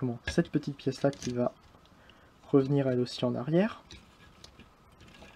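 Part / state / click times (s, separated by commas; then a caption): small plastic toy part clipping into the robot body / seated / 4.4 s. While a Transformers The Last Knight Premier Edition Voyager Optimus Prime plastic toy robot is being transformed, someone talks as a small plastic part is folded back and worked into place by moving the joints a little. After faint handling ticks near 1.9 and 2.1 seconds, a sharp click at 4.4 seconds marks the part clipping into the robot body, seated in place.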